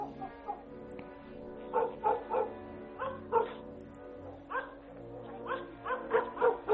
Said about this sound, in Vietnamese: Phía xa xa đầu ngõ xóm có tiếng con chó sủa nhấm nhách cắn ma của nhà ai vậy.